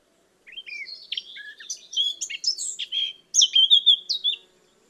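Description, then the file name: Eurasian blackcap song: a rapid, varied warble of chirps and whistles that grows louder and clearer toward a fluting finish. "Sylvia atricapilla"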